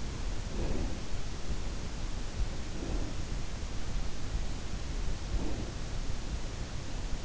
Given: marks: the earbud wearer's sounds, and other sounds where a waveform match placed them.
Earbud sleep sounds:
sounds in sleep by an in-ear microphone; breath
0.16-1.39 s: breath
2.36-3.58 s: breath
5.13-6.36 s: breath

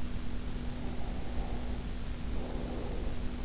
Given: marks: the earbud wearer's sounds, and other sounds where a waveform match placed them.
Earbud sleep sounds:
sounds in sleep by an in-ear microphone; breath
0.48-3.39 s: breath

